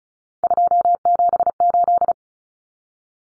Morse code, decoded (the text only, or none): 278